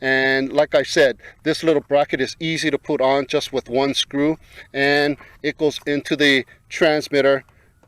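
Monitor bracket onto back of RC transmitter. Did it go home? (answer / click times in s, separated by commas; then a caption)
no / none. A small monitor bracket for a Cheerson CX-23 brushless GPS 5.8 GHz FPV quad is being fitted to the back of its RC transmitter; it attaches with one screw. Someone talks throughout, and a couple of faint ticks come right at the very end. Nothing has seated or clicked yet; the bracket is still being handled and has not locked into place.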